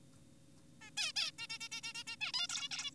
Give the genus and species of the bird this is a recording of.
Taeniopygia guttata